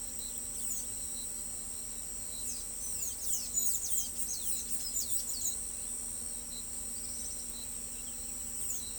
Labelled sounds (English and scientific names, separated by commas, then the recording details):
Blue-gray Tanager (Thraupis episcopus)
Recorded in pastures near Pivijay, Magdalena, Colombia, on 4 June 2023 at 05:30
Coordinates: 10.456, -74.369
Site P6-G026